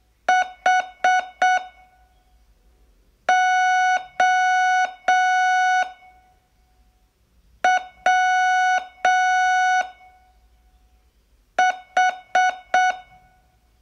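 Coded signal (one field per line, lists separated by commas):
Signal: Morse code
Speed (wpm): 6 wpm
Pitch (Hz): 740 Hz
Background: none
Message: H O W H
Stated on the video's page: Morse training lesson, day 12 of a 42-day course.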